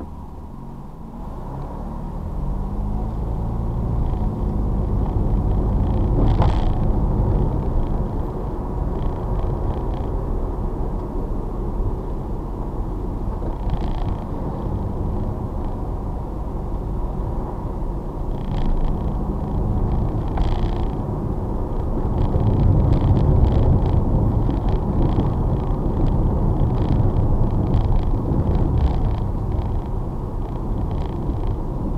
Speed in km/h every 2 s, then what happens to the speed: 0, 11, 31, 40, 42, 35, 27, 31, 29, 32, 37, 37, 39, 39, 34, 32.
1-7 pulls away to 42. 7-12 slows to 27. 12-23 speeds up to 39.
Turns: none.